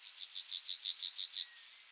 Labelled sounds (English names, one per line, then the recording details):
Yellowhammer song
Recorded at under 5 m from the bird
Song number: 170